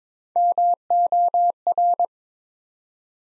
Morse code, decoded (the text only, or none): MOR